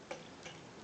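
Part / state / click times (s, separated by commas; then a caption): fist piece popping out of a robot figure's arm / released / 0.1 s. A fist piece is dug out of the arm of a Bandai Soul of Chogokin GX-69 Goldymarg robot figure and pops out, releasing with a sharp small tick at 0.1 s. A fainter tick follows near 0.5 s over a quiet background.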